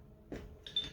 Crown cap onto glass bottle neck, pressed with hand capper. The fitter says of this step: go down until it clicks like that